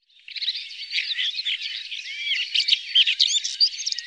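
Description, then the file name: Red-backed shrike giving a scratchy warble of squeaky chirps and short twittering notes, continuous and high-pitched throughout. "Tornskata"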